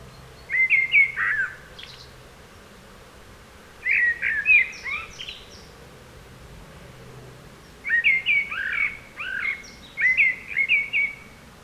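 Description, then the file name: Common blackbird song, a few bursts of warbled fluty notes every few seconds, each ending in thin high twittering. "Turdus merula"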